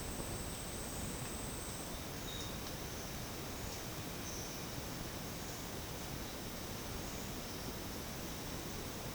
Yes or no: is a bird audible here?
no